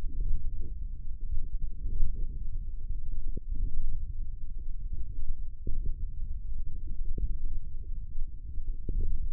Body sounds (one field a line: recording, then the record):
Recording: forearm muscle sounds (acoustic myography)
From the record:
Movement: radial deviation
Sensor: system 1, eight BSWA MPA416 microphones around the upper forearm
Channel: 6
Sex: male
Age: 20 years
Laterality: left